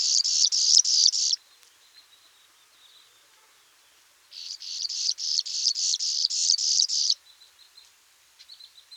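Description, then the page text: Graceful prinia song, rapid buzzy high pulses in two long bursts, with softer thin chips between and after them. "Graceful Prinia Song. Quick Sounds"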